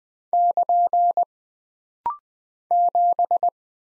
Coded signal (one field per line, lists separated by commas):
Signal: Morse code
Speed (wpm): 20 wpm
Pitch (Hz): 700 Hz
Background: none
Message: <KN> 7